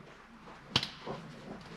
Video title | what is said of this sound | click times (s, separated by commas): Fixing the MASSIVE Intake Leak on my 1971 Oldsmobile Cutlass Supreme | And then throw your spark plug wire back on. Hear a nice little click. | 0.8 s